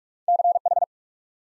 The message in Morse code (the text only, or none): CH